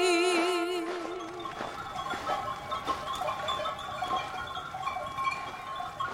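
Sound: sheep bleating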